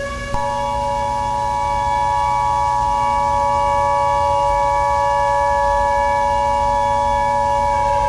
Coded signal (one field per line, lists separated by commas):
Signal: Emergency Alert System (SAME) tones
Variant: 853 and 960 Hz attention tone